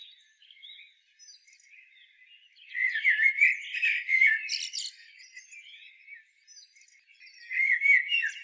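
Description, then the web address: Common blackbird song: a loud, rich warbling phrase mixed with high squeaky notes, then a pause and the start of another fluty phrase. "SETE data Turdus merula"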